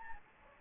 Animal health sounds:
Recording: mosquito wingbeat signal from an infrared sensor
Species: Anopheles gambiae

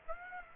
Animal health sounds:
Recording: mosquito wingbeat signal from an infrared sensor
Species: Aedes aegypti

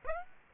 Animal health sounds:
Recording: mosquito wingbeat signal from an infrared sensor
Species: Aedes aegypti

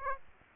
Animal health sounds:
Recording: mosquito wingbeat signal from an infrared sensor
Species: Aedes aegypti

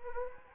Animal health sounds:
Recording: mosquito wingbeat signal from an infrared sensor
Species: Anopheles arabiensis

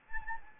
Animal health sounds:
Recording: mosquito wingbeat signal from an infrared sensor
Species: Anopheles arabiensis

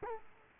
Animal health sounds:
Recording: mosquito wingbeat signal from an infrared sensor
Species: Culex quinquefasciatus

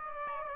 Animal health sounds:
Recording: mosquito wingbeat signal from an infrared sensor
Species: Aedes aegypti

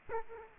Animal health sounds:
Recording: mosquito wingbeat signal from an infrared sensor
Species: Culex quinquefasciatus

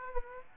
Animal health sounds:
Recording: mosquito wingbeat signal from an infrared sensor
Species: Aedes aegypti

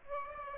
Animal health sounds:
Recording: mosquito wingbeat signal from an infrared sensor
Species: Aedes aegypti

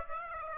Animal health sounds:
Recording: mosquito wingbeat signal from an infrared sensor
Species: Aedes aegypti

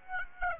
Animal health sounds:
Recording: mosquito wingbeat signal from an infrared sensor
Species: Aedes aegypti

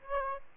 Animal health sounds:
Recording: mosquito wingbeat signal from an infrared sensor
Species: Aedes aegypti

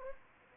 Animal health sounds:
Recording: mosquito wingbeat signal from an infrared sensor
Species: Anopheles arabiensis

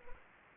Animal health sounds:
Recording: mosquito wingbeat signal from an infrared sensor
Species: Anopheles gambiae

